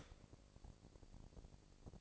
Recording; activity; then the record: daily activity, microphone in the room; start toaster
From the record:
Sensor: 5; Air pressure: 1007.1 hPa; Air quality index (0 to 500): 123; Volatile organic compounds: 1 ppm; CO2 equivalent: 936 ppm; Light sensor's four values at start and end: 27/62/25/26 and 27/62/25/26